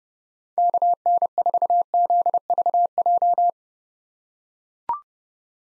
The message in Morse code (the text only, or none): KN4ZVJ